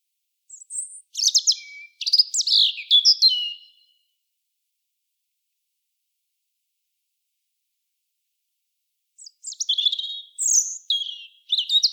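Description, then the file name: European robin song in two bursts: a varied, high-pitched warbling phrase of thin notes and trills, about five seconds of quiet, then another tinkling phrase. "Erithacus rubecula"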